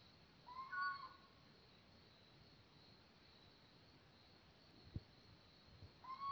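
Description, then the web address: Little owl giving a single rising, mellow hoot, then a click and the start of another hoot at the end over a hissing background. "canti rapaci notturni canto verso civetta comune athene noctua little owl steinkauz mochuelo europeo cheveche"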